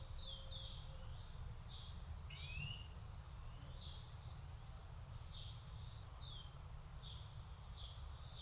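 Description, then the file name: European greenfinch calls: a clear rising upslurred note among repeated short high chirps, over a steady low rumble. "Chloris chloris"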